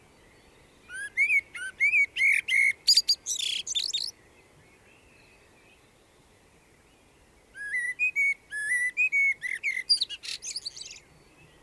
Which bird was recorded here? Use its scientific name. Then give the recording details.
Turdus merula. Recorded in the wild. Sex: male. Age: adult. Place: Garmisch-Partenkirchen, Bayern, DE. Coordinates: 47.4922, 11.0728. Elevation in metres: 709. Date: 1968-04-24. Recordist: Tretzel, Erwin. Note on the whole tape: Maximilianstraße, Aufgang zur Almhütte, Garmisch-Partenkirchen: Gesang